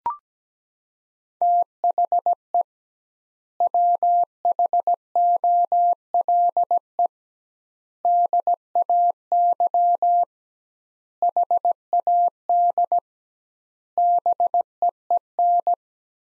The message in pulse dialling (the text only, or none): none